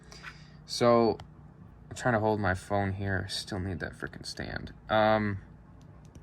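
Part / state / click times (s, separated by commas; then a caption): plastic shard piece into a toy playset base / not seated / none. Someone talks while handling a green plastic crystal shard at its slot on the plastic base of a Sonic Prime Jakks Pacific Wave 3 2.5-inch Boscage Maze playset, with a few faint, small plastic ticks near the end. Nothing has seated or clicked into place yet.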